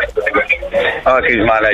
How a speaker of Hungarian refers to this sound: Ki vagyunk hangosítva? Vagy szól a rádiót? Vagy mit hallunk? Nem, szól a rádió. Picit, másik helységbe.